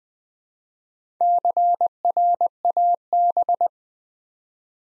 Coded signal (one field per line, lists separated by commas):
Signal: Morse code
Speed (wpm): 20 wpm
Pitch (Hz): 700 Hz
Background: none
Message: CRAB